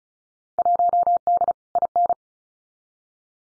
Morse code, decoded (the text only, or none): 1D IN